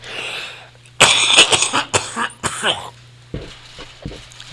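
An adult host coughs in a quick run of about four harsh, dry cough bursts with throat clearing, followed by fainter catches.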